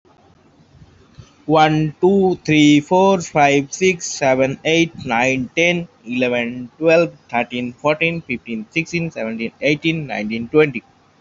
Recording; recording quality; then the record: counting at a normal pace; excellent, no background noise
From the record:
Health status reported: healthy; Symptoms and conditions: cold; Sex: male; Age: 22 years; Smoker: not ticked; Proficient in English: yes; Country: India